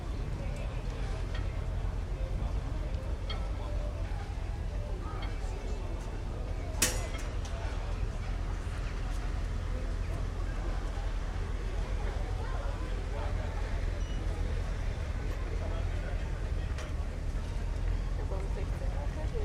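Day trippers amble past waterfront restaurants, their voices blending into a steady murmur of talk. A low, even rumble runs beneath throughout, like an idling engine or passing vehicle. A single sharp click or knock stands out just before seven seconds.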